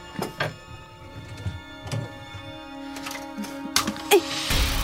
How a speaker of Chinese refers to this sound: 嗯，间房冇风扇，又闷又焗咁样，开晒啲窗通下风先。